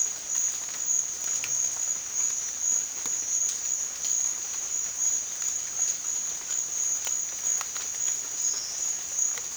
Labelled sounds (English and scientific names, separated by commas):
none